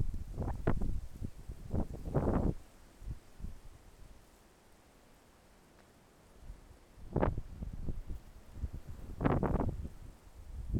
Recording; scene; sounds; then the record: everyday scene through a hearing-aid microphone; wind on the microphone; wind, traffic, birds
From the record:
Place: suburban garden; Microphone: behind the ear, left, front